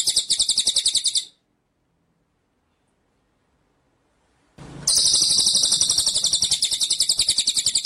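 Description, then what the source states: White-rumped shama song: a high rapid trill cut off, a pause of silence, then a long rolling series of shrill quick pulses. Masteran training track; full song in the style called ngerol nembak.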